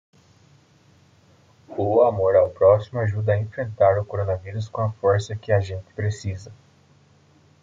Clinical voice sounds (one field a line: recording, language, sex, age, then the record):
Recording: spoken sentence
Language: Brazilian Portuguese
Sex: male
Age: 20 to 29 years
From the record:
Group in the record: control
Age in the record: 23 years